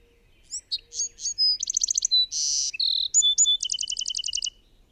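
Bird song: one long, varied phrase of rising whistles, steady tones, rapid trills and a buzzy note, ending in a fast series of repeated high notes.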